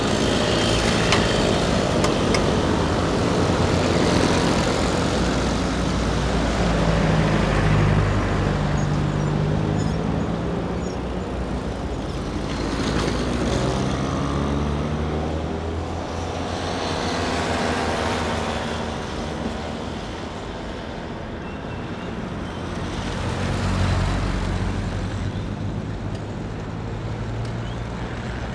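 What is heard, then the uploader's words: Scooters buzz along a street in a dense, continuous drone of small engines, with whining pitches that rise and fall as individual riders pass by around 4, 13, 18 and 24 seconds. A low rumble of traffic underlies everything without a break. Scooters on the Streets.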